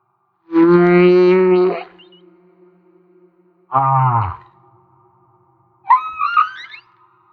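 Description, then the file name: Humpback whale song units: a long harmonic moan, a short downward-sweeping groan, then a brief upswept wavering cry, with quiet gaps between them. At Maui. "Humpback Whale - Maui Whale One"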